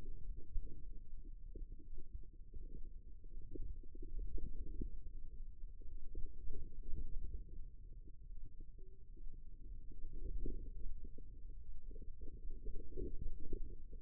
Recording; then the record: forearm muscle sounds (acoustic myography)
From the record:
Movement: radial deviation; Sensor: system 2, bracelet of six BSWA MPA416 microphones around the upper forearm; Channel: 3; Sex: female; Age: 25 years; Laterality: right